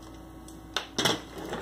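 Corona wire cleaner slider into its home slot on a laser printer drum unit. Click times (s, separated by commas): 0.8 s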